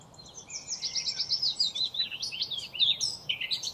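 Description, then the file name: Eurasian blackcap song, rapid high warbled notes in a continuous stream over a steady background hiss. "Sylvia atricapilla"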